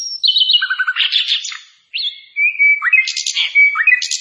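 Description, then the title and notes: Hill blue flycatcher song: bright high whistles, quick trills and buzzy chatter in two bursts split by a short pause. Clear song for training (masteran). "Masteran Sikatan Kipas Suara Jernih Dan Suara Gemericik Air. Suara Burung Sikatan Londo"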